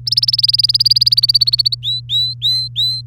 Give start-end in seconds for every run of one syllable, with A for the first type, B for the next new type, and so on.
0.06-1.75 A, 1.82-3.02 B